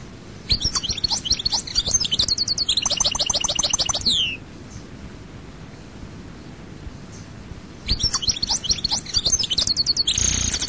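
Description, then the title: European goldfinch song: a long rippling twitter with buzzy rattling trills ending in a downward slur, a pause of several seconds, then another bubbling phrase. "Chant Chardonneret"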